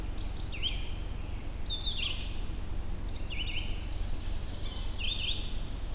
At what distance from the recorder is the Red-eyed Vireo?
about 40 m